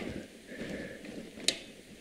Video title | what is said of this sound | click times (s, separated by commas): 77 Harbor Freight Franklin Workstation | it will lock into place there | 1.5 s